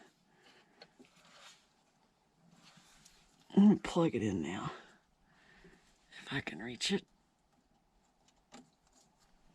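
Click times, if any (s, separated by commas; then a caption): none. In a Ford F150 engine bay, the wiring harness plug is being pushed onto a newly installed ignition coil, replaced for a P0308 misfire code, while reaching into a tight spot. Someone talks over faint handling noises and small scrapes. Nothing has seated or clicked yet.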